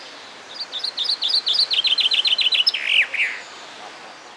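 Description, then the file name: Common chaffinch song: a run of bright notes that steps down in pitch, ending in a short flourish, delivered once. "Fringilla coelebs"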